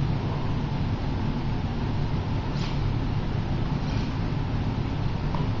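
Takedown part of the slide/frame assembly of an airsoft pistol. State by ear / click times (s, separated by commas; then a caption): not seated / none. Someone handles the takedown part of the slide/frame assembly of a KJW CO2 airsoft pistol during disassembly, over a steady broadband hiss with small scraping and tapping noises and a brief faint tick near 5.4 s. The part has not clicked into place or seated yet.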